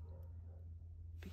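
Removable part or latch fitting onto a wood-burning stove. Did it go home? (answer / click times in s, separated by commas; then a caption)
no / none. A removable part or latch of a wood-burning stove is lifted and pushed to pop it into place, over a steady low hum, with a brief soft scrape near 1.2 s. The part does not feel right and has not locked; nothing has seated or clicked yet.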